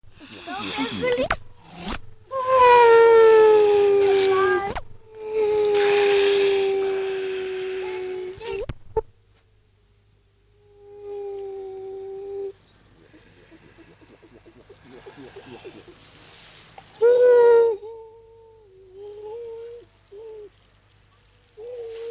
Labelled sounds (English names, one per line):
Grey Seal